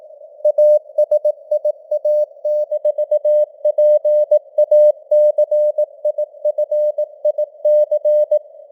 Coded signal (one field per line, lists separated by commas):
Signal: Morse code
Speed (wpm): 18 wpm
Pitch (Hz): 600 Hz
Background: none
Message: ASIA-PACIFIC